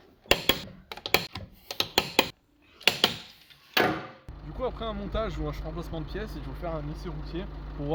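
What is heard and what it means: A torque wrench set to 138 Nm tightens the wheel nuts on a car wheel in a star pattern. Sharp clicks at 0.3, 1.1, 2.0, 2.2, 2.9 and 3.0 seconds show the wrench breaking over at its setting. After a rougher sound near 3.8 seconds, someone talks for the rest of the clip.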